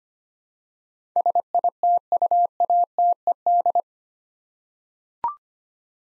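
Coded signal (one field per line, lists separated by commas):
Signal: Morse code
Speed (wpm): 25 wpm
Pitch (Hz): 700 Hz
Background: none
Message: SITUATED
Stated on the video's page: Morse code practice of 8-letter words at 25 wpm, a word-copying drill.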